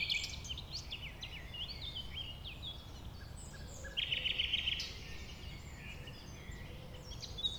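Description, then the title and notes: Common nightingale song: assorted chirps and slurred notes, then a fast rattling trill lasting nearly a second, followed by quieter twittering. A nightingale, one of a few settled on the banks of a stream forming a pond 1500 m from the A20; recorded around 8 am on Sunday 12 April. "Un Rossignol Envers Et Contre Tout. un rossignol venu avec quelques autres s'installer sur les rives d'un ruisseau formant un étang à 1500 mètres de l'A 20. Ces moments ont été enregistrés vers 8h le dimanche 12 avril"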